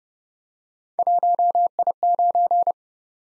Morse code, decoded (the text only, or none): 1I9